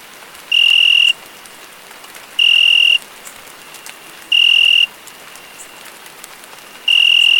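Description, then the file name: Cricket chirping, steady high tones of about half a second each, spaced roughly two seconds apart, over a soft hiss of rain. Crickets calling together with rain. "Grilos e Chuva"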